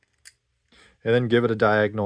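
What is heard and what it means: A 3D printed plastic D segment is slid into the center track of the segment plate of a 7-segment mechanical clock, giving two short clicks at 0.0 and 0.3 seconds as it snaps into place and seats. Someone then starts talking.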